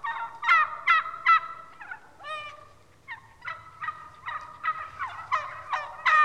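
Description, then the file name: Wild turkey gobble, quick bubbling rattles in close groups, pausing briefly around the third second, then a longer run of rapid notes. "Digiffects Sound Effects Library - Wild Turkey"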